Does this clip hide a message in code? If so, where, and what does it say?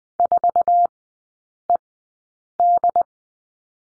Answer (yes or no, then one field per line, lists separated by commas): yes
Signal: Morse code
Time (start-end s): 0.2-3.0 s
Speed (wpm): 20 wpm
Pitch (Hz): 700 Hz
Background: none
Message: 4ED